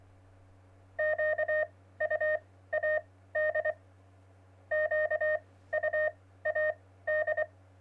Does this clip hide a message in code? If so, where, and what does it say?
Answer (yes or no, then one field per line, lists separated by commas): yes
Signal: Morse code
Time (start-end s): 1.0-7.4 s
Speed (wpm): 24 wpm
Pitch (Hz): 620 Hz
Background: none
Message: QUAD QUAD